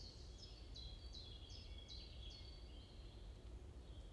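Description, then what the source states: A bird gives a string of about six high, sharply dropping chirps, then a level thin whistle, heard over low continuous background noise. Morning chorus in a forest at Bosvoorde, Watermaal-Bosvoorde, Brussels, Belgium; peaceful setting; recorded with an AMBE VR microphone.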